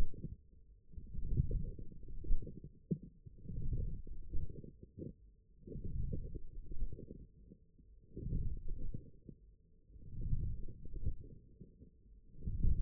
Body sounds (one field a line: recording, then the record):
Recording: forearm muscle sounds (acoustic myography)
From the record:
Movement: forearm pronation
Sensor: system 1, eight BSWA MPA416 microphones around the upper forearm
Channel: 1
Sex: male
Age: 20 years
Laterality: left